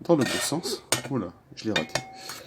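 A 210 mm wood-cutting disc is being handled onto the spindle of a 230 mm angle grinder, lined up to match the rotation arrow, while someone talks over light metallic handling sounds. Nothing has seated or clicked yet.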